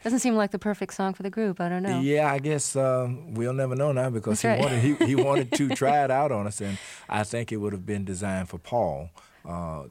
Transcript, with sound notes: doesn't seem like the perfect song for the group. I don't know.
Yeah, I guess we'll never know now because...
That's right (laughter).
...He wanted to try it out on us. And I think it would have been designed for Paul